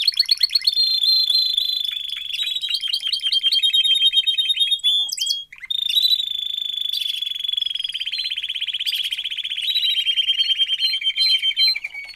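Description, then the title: Domestic canary song: long rapid rolling trills and buzzy tours around mid-high pitch, briefly pausing near five seconds, then continuing with sustained rattling trills and sweeping whistled notes. Male Belgian canary singing a lot, used to warm up and train young canaries. "Canary Training Esquente Seu Filhote E Canario Belga Macho Cantando Muito"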